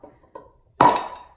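A wine cork is forced out of the glass neck of a wine bottle by air pumped through a needle into the bottle. Two faint taps at about 0.0 s and 0.4 s are followed by a loud, sharp pop at 0.8 s as the cork releases. The pop rings on with a bright tone near 1 kHz that fades over about half a second.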